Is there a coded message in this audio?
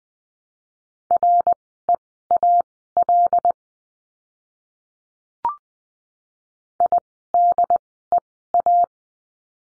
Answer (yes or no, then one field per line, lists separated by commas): yes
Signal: Morse code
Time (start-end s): 1.1-8.8 s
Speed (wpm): 20 wpm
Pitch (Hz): 700 Hz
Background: none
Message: REAL IDEA